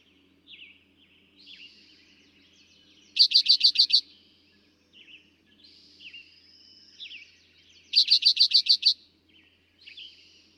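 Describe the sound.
Eastern towhee, two snappy series of bright repeated notes about five seconds apart, while other songbirds twitter and whistle faintly throughout.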